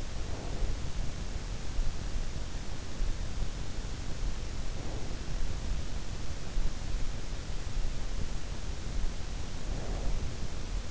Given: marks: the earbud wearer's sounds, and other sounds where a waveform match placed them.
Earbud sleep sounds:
sounds in sleep by an in-ear microphone; breath
0.00-1.06 s: breath
4.47-5.70 s: breath
9.18-10.91 s: breath

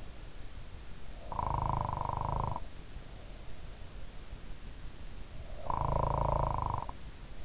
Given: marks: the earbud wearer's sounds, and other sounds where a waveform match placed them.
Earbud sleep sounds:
sounds in sleep by an in-ear microphone; snoring breath
1.20-2.74 s: snoring breath
5.46-7.09 s: snoring breath

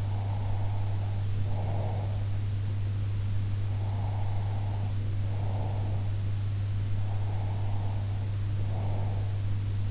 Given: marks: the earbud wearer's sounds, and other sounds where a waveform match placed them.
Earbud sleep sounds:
sounds in sleep by an in-ear microphone; breath
0.00-2.23 s: breath
3.62-6.21 s: breath
6.94-9.40 s: breath

